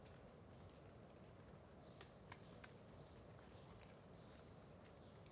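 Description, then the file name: Crickets trill evenly and high without pause, with a few soft dripping clicks and a constant low background hiss. Terra Ronca park, near the road, at dawn; dripping water also present; AB stereo recording. "Ambiencia parque terra ronca perto da estrada amanhecer com bacurau, gotejar, grilos, gravacao em ab"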